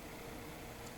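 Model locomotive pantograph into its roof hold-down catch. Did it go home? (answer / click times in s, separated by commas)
no / none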